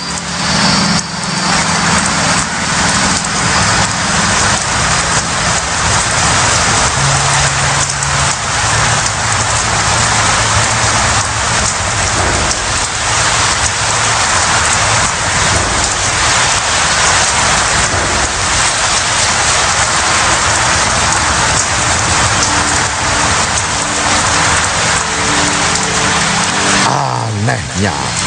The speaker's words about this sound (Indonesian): Proses penguburan Gendron dilakukan dengan tergesa-gesa mengingat hujan yang semakin deras.